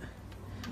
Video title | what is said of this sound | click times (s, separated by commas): How to Make Your Own Ethanol Fuel (At Home) | make sure we have it locked | 0.3 s, 0.6 s